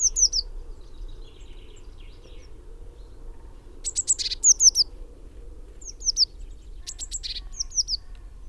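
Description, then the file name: Eurasian blue tit calls: a few bursts of high, thin descending notes and quick buzzy elements, separated by pauses, over a faint low hum. "Cyanistes caeruleus"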